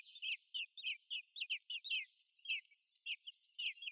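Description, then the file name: Eurasian blackbird calls: clear, sharp downslurred notes repeated about twice a second, then more spaced out over a quiet background. "Turdus merula"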